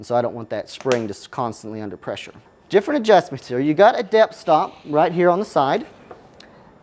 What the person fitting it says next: and it does a positive click on each measurement